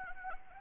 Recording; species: mosquito wingbeat signal from an infrared sensor; Anopheles arabiensis